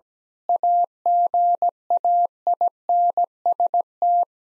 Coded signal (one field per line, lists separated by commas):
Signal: Morse code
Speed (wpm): 17 wpm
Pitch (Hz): 700 Hz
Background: none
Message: AGAINST